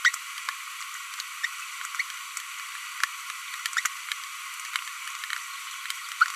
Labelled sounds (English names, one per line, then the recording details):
Green-rumped Parrotlet babbling
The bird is a female
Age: 25 days
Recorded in a nest box in Venezuela
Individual 17B42B1